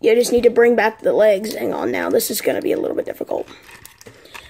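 Someone talks while moving the plastic leg section of a Transformers Studio Series Ironhide robot figure into position, followed by a few short, sharp plastic taps and handling noises near the end. The leg part has not snapped into place yet; nothing has seated or clicked.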